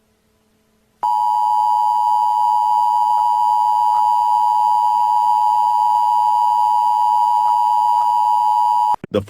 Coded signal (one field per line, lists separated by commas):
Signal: Emergency Alert System (SAME) tones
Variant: 853 and 960 Hz attention tone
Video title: EAS Scenario: Ancient Evil